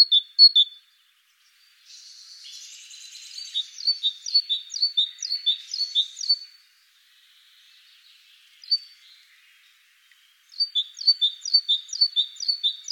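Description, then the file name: Great tit song: bursts of quick, ringing two-note phrases, with a softer jumbled warble beneath the middle stretch and quiet gaps between. Recorded in the Netherlands. "mesange charbonniere hollande"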